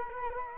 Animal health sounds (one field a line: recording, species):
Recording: mosquito wingbeat signal from an infrared sensor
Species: Culex quinquefasciatus